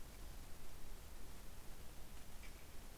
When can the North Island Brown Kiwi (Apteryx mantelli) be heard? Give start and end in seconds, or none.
none